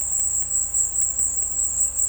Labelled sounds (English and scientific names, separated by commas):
Violaceous Jay (Cyanocorax violaceus)